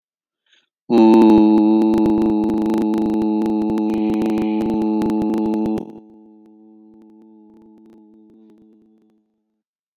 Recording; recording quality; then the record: sustained vowel as in boot; moderate, slight background noise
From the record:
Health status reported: healthy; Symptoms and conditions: diabetes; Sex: male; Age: 45 years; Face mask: not worn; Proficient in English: yes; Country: India